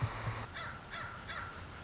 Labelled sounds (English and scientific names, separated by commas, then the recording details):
Song Sparrow (Melospiza melodia)
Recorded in Sonoma County, California